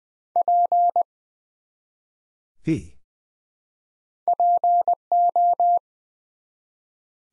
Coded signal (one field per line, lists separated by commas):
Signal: Morse code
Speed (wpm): 20 wpm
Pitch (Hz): 700 Hz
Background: none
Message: P PO